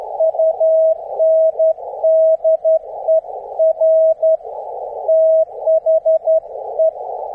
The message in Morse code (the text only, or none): UNDER THE